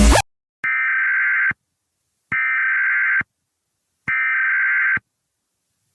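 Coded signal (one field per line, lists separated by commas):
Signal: Emergency Alert System (SAME) tones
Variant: header bursts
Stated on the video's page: Valid Emergency Alert System tones in an animated film.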